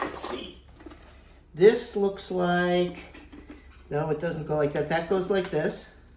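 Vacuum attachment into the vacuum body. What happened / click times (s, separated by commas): The plastic part is handled but has not yet clicked into place / none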